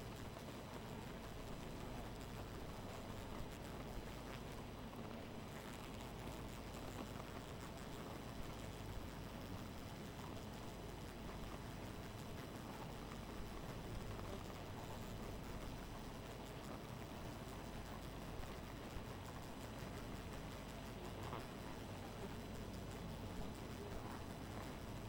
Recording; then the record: honeybee colony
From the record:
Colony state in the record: missing queen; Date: 14 July 2017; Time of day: 2:07